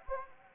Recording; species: mosquito wingbeat signal from an infrared sensor; Anopheles gambiae